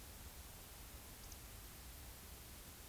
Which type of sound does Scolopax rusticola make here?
whistle